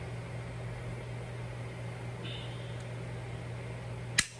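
A very tight fastened part on a 3D printer frame is worked loose by hand during disassembly, under a steady low hum. A single sharp pop sounds at 4.2 s as the part releases and comes off.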